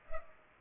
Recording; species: mosquito wingbeat signal from an infrared sensor; Culex pipiens